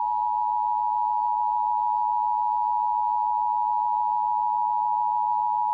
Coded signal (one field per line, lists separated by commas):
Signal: Emergency Alert System (SAME) tones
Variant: 853 and 960 Hz attention tone